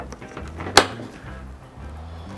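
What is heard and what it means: A 2019 Honda Africa Twin 1000L motorcycle seat, its hook already clipped into its slot, is pressed down into its frame latch. The latch snaps shut with a single loud, sharp click at 0.8 s over a low hum. The seat is seated and locked in place.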